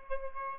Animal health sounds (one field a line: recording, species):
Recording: mosquito wingbeat signal from an infrared sensor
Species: Aedes albopictus